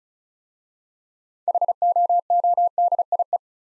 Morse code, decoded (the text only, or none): HOODIE